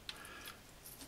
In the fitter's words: and it clips in place again it only goes in one way